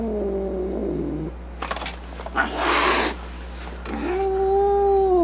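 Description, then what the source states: Cat wailing briefly, then a harsh hissing burst, followed by a steady rising yowl. Angry cat.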